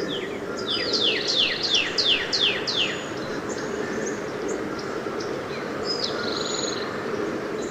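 Northern cardinal song: a series of several clear, steeply down-slurred whistles, followed by fainter bird notes, over steady background noise.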